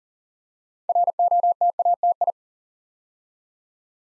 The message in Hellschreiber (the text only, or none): none